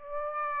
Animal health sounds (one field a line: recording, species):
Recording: mosquito wingbeat signal from an infrared sensor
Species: Aedes aegypti